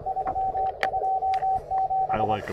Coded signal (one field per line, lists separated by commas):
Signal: Morse code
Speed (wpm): 25 wpm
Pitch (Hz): 760 Hz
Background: speech, radio noise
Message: 327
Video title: POTA CW Transceiver Comparison CFT1 QMX and KH1 Parks on the Air Test Morse Code Ham Radio Receiver